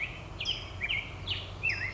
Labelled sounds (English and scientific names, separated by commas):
California Towhee (Melozone crissalis)